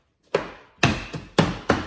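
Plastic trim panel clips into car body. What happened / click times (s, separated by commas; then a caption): Plastic trim panel clips snap home one after another / 0.4 s, 0.8 s, 1.4 s, 1.7 s. A plastic interior trim panel is pushed back into place on a car body after its metal tabs are lined up, and its plastic clips snap home. Four sharp knocking snaps ring out at 0.3, 0.8, 1.4 and 1.7 seconds, each followed by a short decaying ring. The panel is seated.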